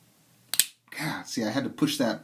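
The push button of a Smith & Wesson 1600BT automatic folding knife, which had been sticking, is pressed hard, and the blade lock releases so the blade fires out with a sharp snap at 0.5 s. A quieter stretch follows, then someone talks about how much force the push took.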